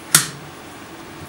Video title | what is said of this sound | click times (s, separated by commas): Tapco Magazine AK 47 Magazine Modification to fit Egyptian Maadi AK-47 ( AKM ) | now listen for that click | 0.1 s